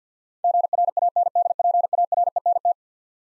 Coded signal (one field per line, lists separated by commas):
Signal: Morse code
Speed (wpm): 50 wpm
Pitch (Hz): 700 Hz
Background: none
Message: GRANDPARENT